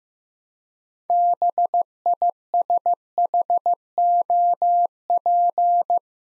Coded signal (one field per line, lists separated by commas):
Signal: Morse code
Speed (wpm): 15 wpm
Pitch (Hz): 700 Hz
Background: none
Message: BISHOP